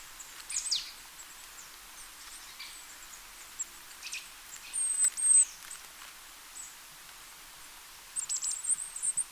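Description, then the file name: Eurasian blue tit with very high, thin calls, some drawn out and others in quick trilled bursts. Scattered scratchy notes come in between, and several thin calls run together near the end. "Cyanistes caeruleus"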